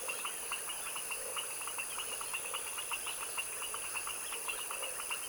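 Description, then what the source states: Frogs calling in chorus, steady overlapping pulsed notes repeating rapidly at two pitch levels, with a soft hiss running underneath throughout. Foaming frog dusk chorus in a tropical wetland swamp, recorded in the evening at dusk.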